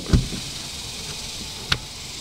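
The plastic locking lever on the windshield mount of an IIWEY DC03 dash cam is swung to the right to tighten the mount, giving a sharp click at 1.7 s. A duller thump sounds near the start against a steady low background. The lever clicks shut and the mount is locked in place.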